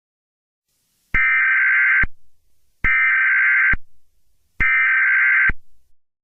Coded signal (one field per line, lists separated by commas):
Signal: Emergency Alert System (SAME) tones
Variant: header bursts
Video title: EAS scenario 6: whitty’s explosion part 4 it’s still going